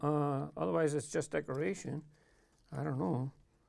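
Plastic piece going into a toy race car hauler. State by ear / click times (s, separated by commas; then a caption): not seated / none. Someone talks while handling a plastic piece for a Hot Wheels racing hauler toy (Racing Hauler Pack with a Sol-Aire CX-4), about to press it into place by hand. Only speech is heard, with a quiet pause near the end. Nothing has seated or clicked yet.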